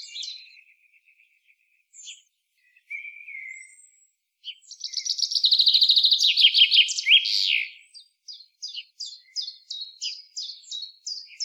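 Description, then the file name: Common chaffinch song: a bright, high trill that steps downward over about three seconds and ends in a flourish, framed by scattered thin notes and a run of quick, repeated chirps. "Fringilla coelebs"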